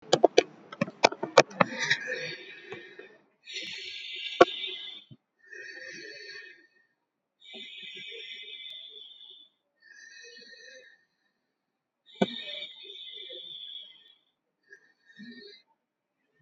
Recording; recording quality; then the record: shallow breathing; excellent, no background noise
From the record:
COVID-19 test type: RT-PCR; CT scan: not taken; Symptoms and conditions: cough, hypertension, diabetes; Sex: female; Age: 53 years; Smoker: no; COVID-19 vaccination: one dose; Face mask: not worn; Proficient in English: yes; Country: India